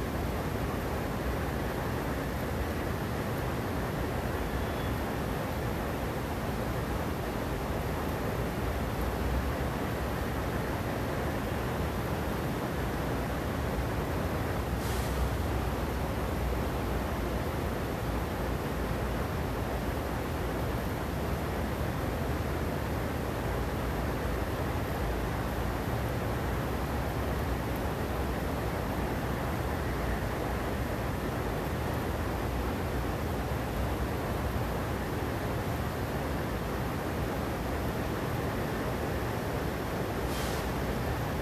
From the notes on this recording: Sometimes there are birds but mostly air conditioners.